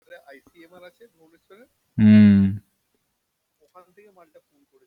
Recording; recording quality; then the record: sustained vowel as in beet; excellent, no background noise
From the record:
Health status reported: COVID-19 positive, mild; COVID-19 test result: positive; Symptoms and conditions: fatigue, hypertension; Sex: male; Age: 30 years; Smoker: yes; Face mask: worn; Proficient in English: yes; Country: India